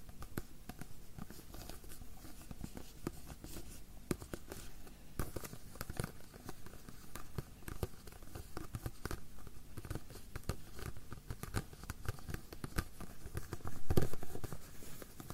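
Fingernails tap in quick, irregular bursts, sharp clicks crowding together with barely a pause across the whole stretch. A soft, low murmur sits beneath them, and the tapping swells briefly louder around the fourteenth second.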